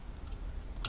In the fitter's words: kind of snaps in so to make it easier to slide on you push down on this metal portion a little bit I